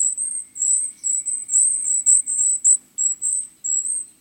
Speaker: thin, silvery calls coming from the forest belong to a survivor, the golden-crowned kinglet.